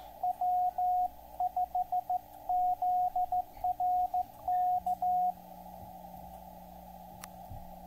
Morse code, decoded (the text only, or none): W5ZRK